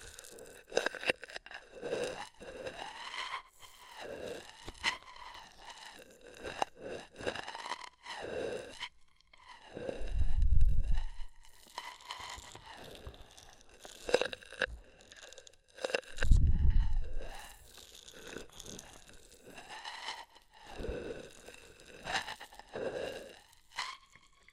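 An ear massage with oil and foam: dense, crackling squishes and crunchy rubbing repeat in quick, irregular strokes. Around 10 and 16 seconds two louder, deeper muffled pushes swell up, and the texture thins briefly between bursts.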